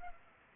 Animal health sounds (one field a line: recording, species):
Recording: mosquito wingbeat signal from an infrared sensor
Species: Culex pipiens